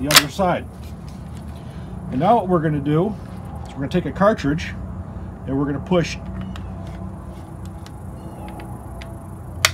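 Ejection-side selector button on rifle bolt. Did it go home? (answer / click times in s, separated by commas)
yes / 9.7 s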